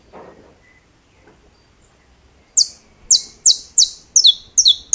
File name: Canto-do-Canário-da-Terra